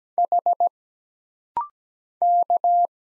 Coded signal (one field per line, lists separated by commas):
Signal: Morse code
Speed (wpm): 17 wpm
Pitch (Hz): 700 Hz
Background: none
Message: H K